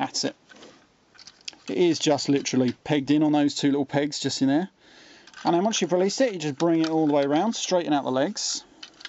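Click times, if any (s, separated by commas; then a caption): none. Someone talks while handling a plastic Transformers Fall of Cybertron Soundwave transforming-robot toy, bringing a body section around toward the figure after releasing it from two small pegs and straightening out the legs. Faint handling taps and light plastic clicks are heard between the talking. The section has not clicked into place yet.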